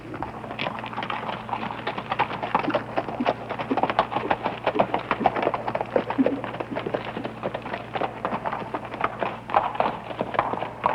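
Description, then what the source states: Galloping horse hooves: dense, rapid clattering impacts on a hard surface, continuous over the whole stretch. Horse galloping on cobblestone.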